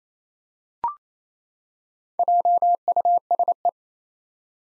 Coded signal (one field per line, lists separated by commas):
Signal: Morse code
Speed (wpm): 28 wpm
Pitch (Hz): 700 Hz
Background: none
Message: JUSE